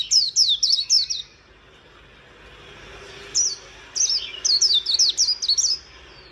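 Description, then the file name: White-eye song: a short burst of high twittering notes, a pause of about two seconds, then a second rapid warbled phrase. "Zosterops"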